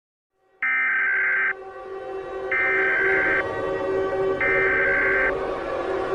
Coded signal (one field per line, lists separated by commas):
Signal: Emergency Alert System (SAME) tones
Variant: header bursts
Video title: Eas Scenario #1: Sans The Murderer